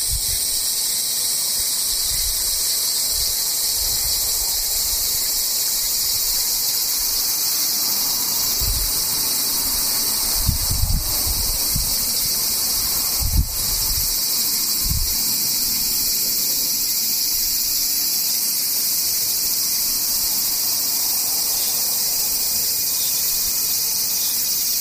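Cicadas buzz in a dense, unbroken drone that stays bright and high for the whole recording, with a steady sizzling texture. A few soft low thumps break in around 9, 11, 13 and 15 seconds, while the chorus itself never changes.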